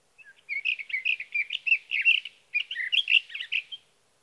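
Sage thrasher song, a long continuous babble of fast, varied warbled phrases with a brief pause midway, lasting over three seconds, no other sounds.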